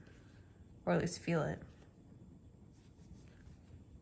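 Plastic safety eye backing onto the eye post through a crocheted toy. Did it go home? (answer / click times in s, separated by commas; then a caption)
no / none. Someone talks while the plastic washer backing of a safety eye is handled to be pushed onto the eye's ridged post on the inside of a crocheted cactus, so it will sit flush. Only faint, low-level hits follow the speech. The backing has not seated or clicked onto the post yet.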